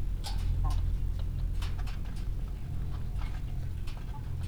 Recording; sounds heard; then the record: poultry house recording; sick chickens (respiratory disease)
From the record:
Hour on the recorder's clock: 15